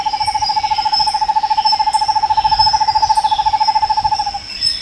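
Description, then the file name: Bird's trill: a steady, rapidly pulsed tone held for about four and a half seconds, over a constant high insect chorus. "SABIOD 50 bird 2015"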